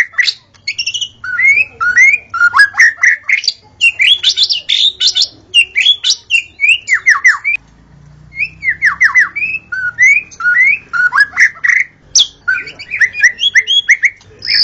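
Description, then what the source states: White-rumped shama giving lively repeated phrases of downward-slurred whistles and sharp high chips, in bursts with a short pause midway. Natural song recorded in forest.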